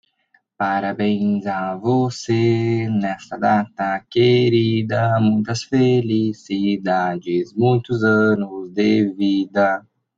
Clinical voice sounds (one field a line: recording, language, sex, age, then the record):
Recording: short text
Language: Brazilian Portuguese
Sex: male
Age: 20 to 29 years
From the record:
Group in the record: control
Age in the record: 22 years